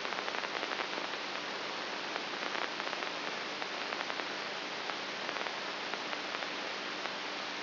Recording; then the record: brain microelectrode recording played as sound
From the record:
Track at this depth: inside the subthalamic nucleus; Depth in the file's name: 5.84 mm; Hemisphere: right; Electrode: 3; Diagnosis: Parkinson's disease